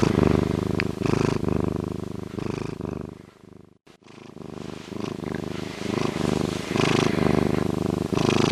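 Bobcat purring in a low, throbbing rumble that fades briefly to near silence midway, then resumes strongly.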